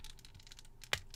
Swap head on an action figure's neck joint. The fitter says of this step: he heard the click see